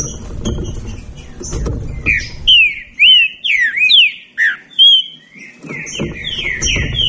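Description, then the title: Green-winged saltator song: a burst of rich, slurred whistled notes, some rising and some falling, for about five seconds, with low rumbling noise before and after. Birds engaged in a singing dispute. "Trinca Ferro Nicao"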